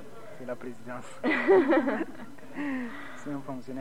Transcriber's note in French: Rires